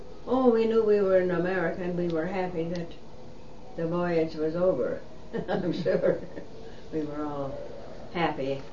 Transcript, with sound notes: Oh, we knew we were in America and we were happy that the voyage was over. ( she laughs ) I'm sure we were all happy,